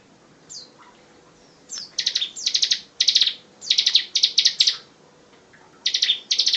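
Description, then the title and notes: Bar-winged prinia song: a faint chip, then clustered loud pulsed buzzy phrases and high falling notes in rapid series. Song in the 'ngebren' style, used as a master recording for training white-rumped shamas. "Ciblek Ngebren Untuk Masteran Murai Batu. Suara burung ciblek"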